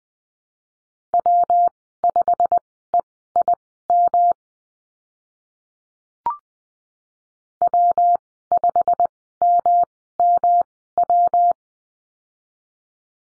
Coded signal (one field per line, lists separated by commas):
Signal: Morse code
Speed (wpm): 20 wpm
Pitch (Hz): 700 Hz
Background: none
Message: W5EIM W5MMW